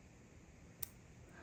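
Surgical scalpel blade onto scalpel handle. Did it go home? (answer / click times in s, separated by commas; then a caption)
yes / 0.8 s. A metal surgical scalpel blade is slid onto the scalpel handle's fitting through its slot. Against a quiet background, a single sharp click sounds at 0.8 s. The blade is seated on the handle.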